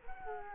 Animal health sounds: mosquito wingbeat signal from an infrared sensor; Culex quinquefasciatus

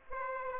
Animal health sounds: mosquito wingbeat signal from an infrared sensor; Aedes aegypti

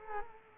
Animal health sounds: mosquito wingbeat signal from an infrared sensor; Culex quinquefasciatus

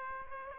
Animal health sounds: mosquito wingbeat signal from an infrared sensor; Aedes aegypti

